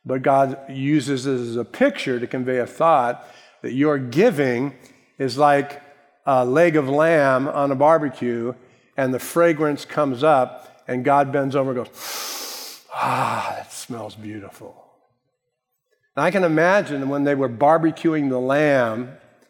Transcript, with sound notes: but God uses as a picture to convey a thought that your giving is like a leg of lamb on a barbecue and the fragrance comes up and God bends over and says, (loud inhale) “Ah! That smells beautiful!” I can imagine when they were barbecuing the lamb